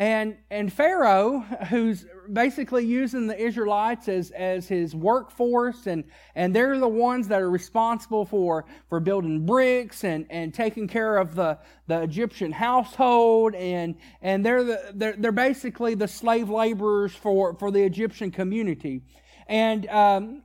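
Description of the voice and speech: An adult man preaching repeats whole words again and again ('and, and', 'for, for', 'the, the', 'they're, they're'): stuttering-type disfluency. He calls it a stutter problem that is aggravating when he can't get the words out, and one he hadn't realized the extent of.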